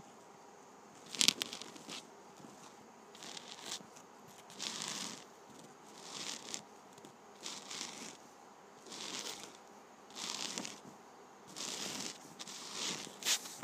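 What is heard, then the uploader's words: A penny's ridged edge is rubbed in short scratchy strokes, each a bright, gritty rasp lasting under a second. The strokes repeat roughly every second or so, with brief pauses between them. A sharp click stands out near the start and another at the very end. ASMR Penny Ridge Rubbing.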